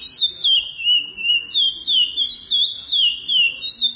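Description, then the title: Chestnut-bellied seed finch song: a continuous run of clear, sweeping whistled notes rising and falling, about three per second. "Canto De Curio"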